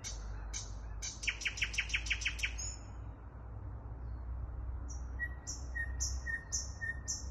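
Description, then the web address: Thrush nightingale song: clicking notes leading into a fast rattling series, a pause, then alternating high drawn-out whistles and low pure tones, over a steady low rumble. Song recorded in Kaluga. "luscinia luscinia canto del ruisenor en kaluga"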